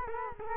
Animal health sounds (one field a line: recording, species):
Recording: mosquito wingbeat signal from an infrared sensor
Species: Culex quinquefasciatus